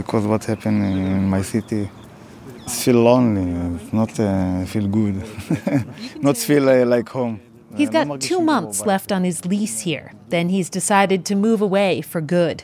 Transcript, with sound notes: because of what's happening in my city. It feel lonely, not feel good, (laughter) not feel like home.
He's got two months left on his lease here, then he's decided to move away for good.